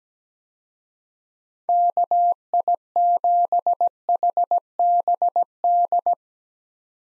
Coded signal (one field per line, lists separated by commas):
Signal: Morse code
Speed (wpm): 17 wpm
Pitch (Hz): 700 Hz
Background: none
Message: KI7HBD